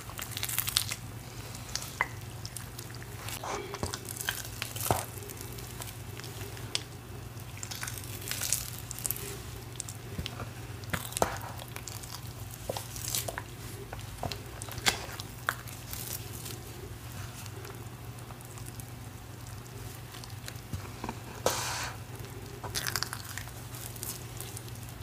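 Cornstarch crunchies are crushed and sifted in irregular crackly bursts, with sharp crunches every few seconds over a steady low hum.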